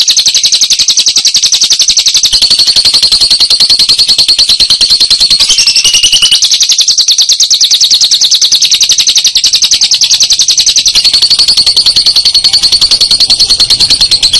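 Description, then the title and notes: Lovebird chatter: shrill, rapid, buzzy chirping that pours on without pause for fourteen seconds, its pitch wavering a little now and then. Recording intended as a tutor track for training songbirds (masteran). "Suara Burung Lovbred Mantap Buat Masteran"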